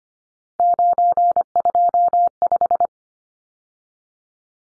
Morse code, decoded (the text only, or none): 925